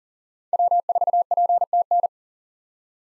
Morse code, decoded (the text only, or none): W4PTN